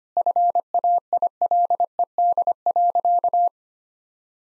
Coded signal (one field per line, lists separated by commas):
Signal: Morse code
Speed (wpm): 25 wpm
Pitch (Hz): 700 Hz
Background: none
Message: FAILED.